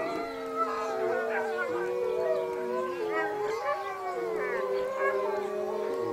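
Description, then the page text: Iberian wolf: iberian wolves howling together, several sustained tones at different pitches with bending, quavering notes. "IHMC Public Cmaps (3). Lobos Aullando - Howling Wolves. COLEGIO SANTA FAZ-SAN VICENTE DEL RASPEIG (ALICANTE) ESO2 FAUNA IBERICA FAUNA IBERICA Lobo ibérico"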